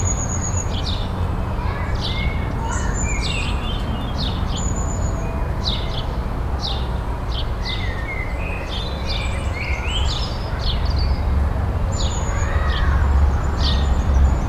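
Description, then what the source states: Birds: busy bird chirping with many quick downward-sweeping notes and brief whistles, over steady low traffic noise. Birdsong in a city garden.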